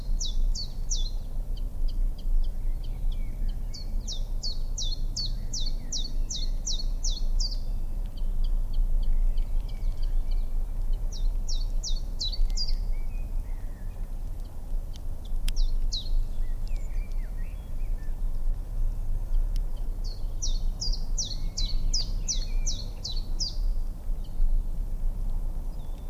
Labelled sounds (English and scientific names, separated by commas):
Common Chiffchaff (Phylloscopus collybita) song